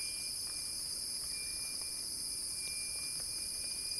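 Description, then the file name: Cicadas droning in a dense, unbroken high-pitched hiss that stays level for the whole few seconds, with a thin steady whine alongside. Cicadas singing in a crescendo. "earth-fm Axel-Drioli Cicada-Crescendo-Sounding-Wild"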